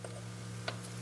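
A throttle body mounting bolt on a 2011 Ford Fiesta is turned backwards in its threaded hole on the intake while the throttle body is refitted, over a steady low hum. At 0.7 s a faint, sharp click is heard as the thread start drops into the hole thread, so the bolt is seated correctly and won't cross-thread.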